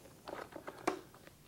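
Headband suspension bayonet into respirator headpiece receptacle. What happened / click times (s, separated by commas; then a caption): The plastic bayonet snapped into its receptacle / 0.9 s. The plastic bayonet on the second side of a headband suspension is pushed down into the receptacle of a Pureflo respirator headpiece. Crinkly plastic handling sounds around 0.3, 0.7 and 1.3 seconds surround a sharp snap at 0.9 seconds as the bayonet seats.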